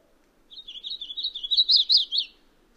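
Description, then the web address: Painted redstart singing a rapid warble of sweet notes that builds in volume and rises slightly in pitch before stopping, with a faint low hum underneath. "Songs of Birds of North America Know Your Bird Sounds. Painted Redstart"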